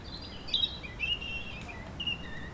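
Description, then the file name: European robin song: thin high warbling phrases with sliding whistles and trills, interrupted by short pauses, over steady low background noise. "Erithacus rubecula"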